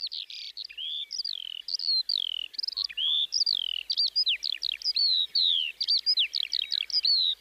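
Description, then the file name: Skylark song: a brisk chattering series of high, slurred whistles and chirps, steadily delivered with only tiny gaps between notes. "mezeipacsirta"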